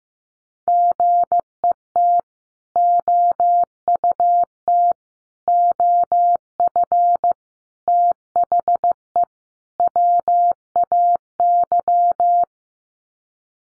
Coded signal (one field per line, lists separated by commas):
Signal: Morse code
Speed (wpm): 15 wpm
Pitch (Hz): 700 Hz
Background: none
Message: GET OUT OF THE WAY